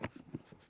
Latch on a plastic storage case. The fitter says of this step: to open it up which is really nice real positive click